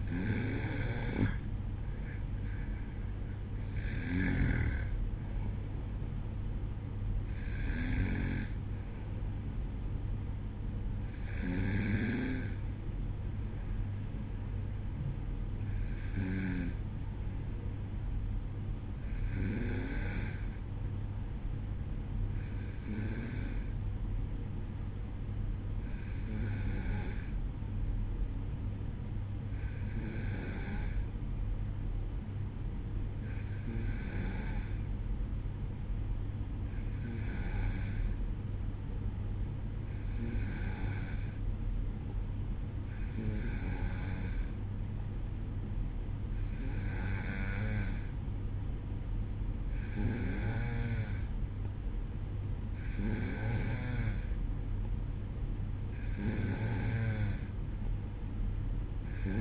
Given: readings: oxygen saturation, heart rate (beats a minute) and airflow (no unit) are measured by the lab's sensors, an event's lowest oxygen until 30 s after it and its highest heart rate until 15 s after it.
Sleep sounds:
breathing in sleep by a smartphone at the bedside; 1
16.00-52.90 s: hypopnea (N2, oxygen 95% highest, then 91% lowest, heart rate 61 at the start, 64 highest)
From the record:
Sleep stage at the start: N2 (light sleep); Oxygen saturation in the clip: 92 to 95%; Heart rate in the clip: 60 to 67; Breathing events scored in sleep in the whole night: 305 in 9.6 hours asleep

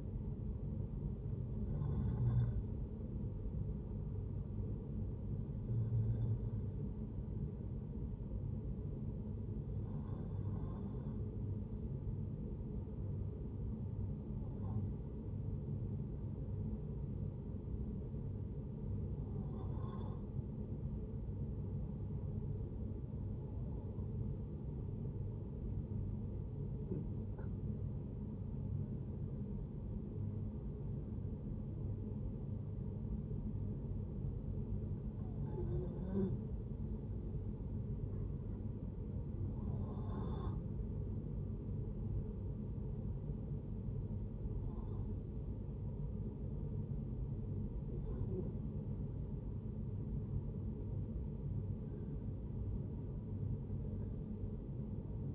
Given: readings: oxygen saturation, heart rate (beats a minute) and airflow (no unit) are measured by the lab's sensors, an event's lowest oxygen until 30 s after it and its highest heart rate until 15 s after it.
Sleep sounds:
breathing in sleep by a smartphone at the bedside; 2
11.00-27.00 s: hypopnea (N1, oxygen 93% highest, then 86% lowest)
11.00-41.00 s: new sleep stage, N2 (light sleep)
39.00-51.20 s: hypopnea (N2, oxygen 93% highest, then 89% lowest)
41.00-55.35 s: new sleep stage, N1 (lightest sleep)
From the record:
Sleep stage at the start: N1 (lightest sleep); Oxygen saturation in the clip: 86 to 93%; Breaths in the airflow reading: 12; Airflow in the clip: -5.3 to 6.9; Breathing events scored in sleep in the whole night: 496 in 5.4 hours asleep

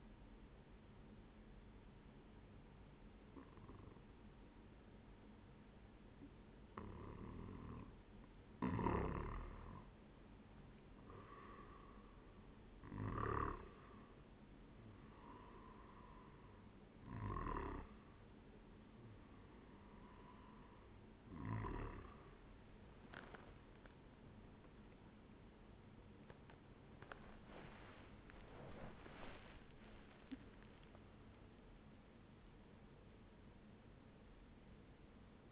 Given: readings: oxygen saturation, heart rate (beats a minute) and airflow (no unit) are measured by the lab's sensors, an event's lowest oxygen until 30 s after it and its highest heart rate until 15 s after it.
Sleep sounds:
a person awake in a sleep study, by a voice recorder at the bedside; none
2.00-32.00 s: new sleep stage, awake
2.00-35.52 s: awake
32.00-35.52 s: new sleep stage, N1 (lightest sleep)
From the record:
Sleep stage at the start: N1 (lightest sleep); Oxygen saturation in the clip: 93 to 96%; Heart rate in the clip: 72 to 81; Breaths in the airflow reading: 5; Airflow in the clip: -6.3 to 10.8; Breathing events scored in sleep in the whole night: 131 in 7.2 hours asleep

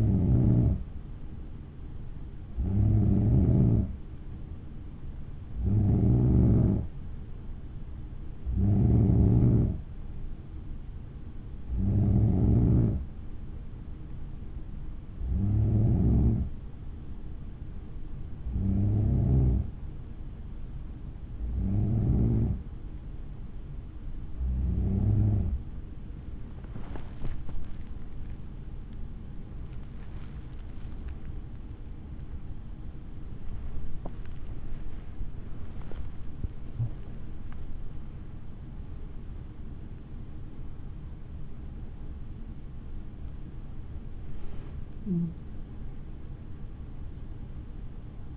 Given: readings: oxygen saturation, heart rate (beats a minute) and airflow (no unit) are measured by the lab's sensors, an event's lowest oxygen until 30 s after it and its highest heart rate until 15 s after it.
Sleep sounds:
breathing in sleep by a smartphone at the bedside; none
none scored
From the record:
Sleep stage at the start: N3 (deep sleep); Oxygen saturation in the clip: 91 to 95%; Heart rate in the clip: 57 to 78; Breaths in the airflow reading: 16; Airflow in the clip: -10.0 to 13.2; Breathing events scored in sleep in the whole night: 216 in 7.0 hours asleep

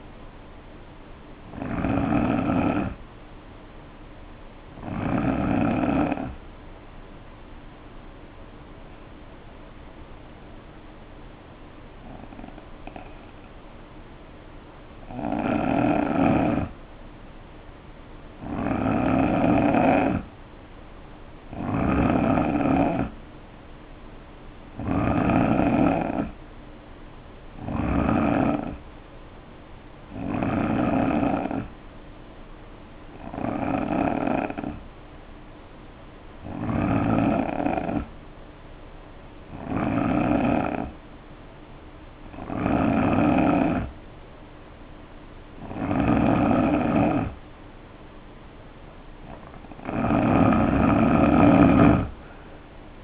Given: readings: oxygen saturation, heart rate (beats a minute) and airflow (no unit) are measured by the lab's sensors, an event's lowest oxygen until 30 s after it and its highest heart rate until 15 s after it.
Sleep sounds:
breathing in sleep by a voice recorder at the bedside; 1
7.00-22.80 s: hypopnea (N3, oxygen 92% highest, then 86% lowest, heart rate 60 at the start, 71 highest)
From the record:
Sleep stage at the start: N3 (deep sleep); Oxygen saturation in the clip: 86 to 92%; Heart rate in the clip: 59 to 71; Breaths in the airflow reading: 16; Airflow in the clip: -6.6 to 3.6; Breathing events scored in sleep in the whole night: 520 in 7.2 hours asleep

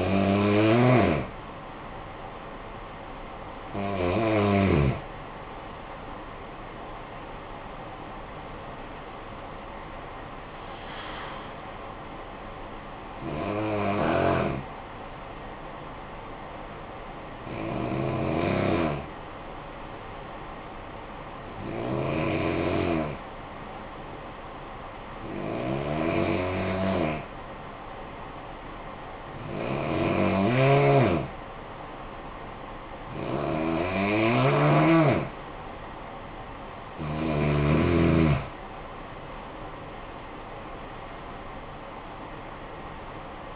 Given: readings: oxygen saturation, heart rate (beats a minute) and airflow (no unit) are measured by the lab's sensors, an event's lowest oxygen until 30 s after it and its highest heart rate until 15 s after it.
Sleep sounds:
breathing in sleep by a voice recorder at the bedside; 1
12.00-38.70 s: hypopnea (N1, oxygen 96% highest, then 88% lowest, heart rate 70 at the start, 77 highest)
From the record:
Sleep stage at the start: N1 (lightest sleep); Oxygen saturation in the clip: 89 to 96%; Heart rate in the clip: 53 to 70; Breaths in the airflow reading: 11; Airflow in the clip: -13.5 to 10.8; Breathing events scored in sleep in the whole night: 445 in 7.6 hours asleep

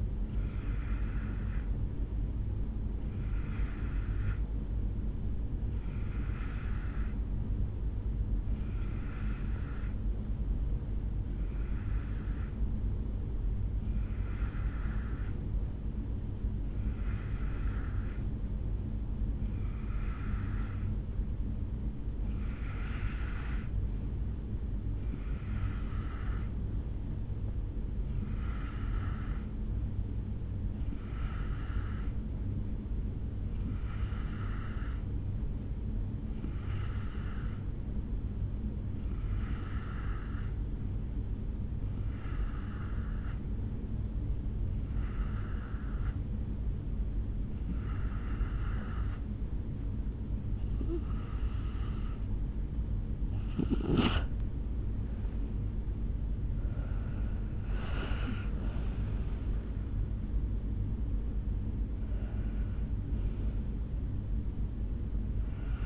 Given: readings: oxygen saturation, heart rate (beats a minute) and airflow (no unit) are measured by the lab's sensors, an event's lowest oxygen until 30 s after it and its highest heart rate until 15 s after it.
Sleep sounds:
breathing in sleep by a smartphone at the bedside; 1
4.00-25.50 s: hypopnea (N1, oxygen 93% highest, then 88% lowest, heart rate 63 at the start, 67 highest)
9.00-39.00 s: new sleep stage, N2 (light sleep)
39.00-65.86 s: new sleep stage, N1 (lightest sleep)
From the record:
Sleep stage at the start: N1 (lightest sleep); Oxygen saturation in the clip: 88 to 94%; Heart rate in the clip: 49 to 69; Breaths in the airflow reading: 22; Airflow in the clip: -7.7 to 4.9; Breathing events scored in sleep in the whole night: 449 in 7.0 hours asleep

